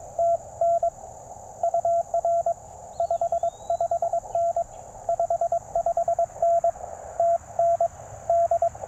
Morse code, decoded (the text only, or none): TN UR 55N 55N TN D